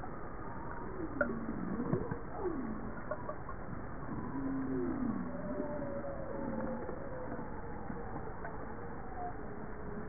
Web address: bowhead